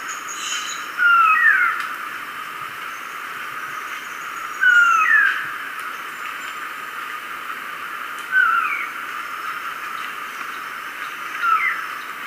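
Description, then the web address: Uniform antshrike song: short sliding phrases repeated about every three and a half seconds over steady background hiss. Ecuador. "Birds of Ecuador Uniform Antshrike"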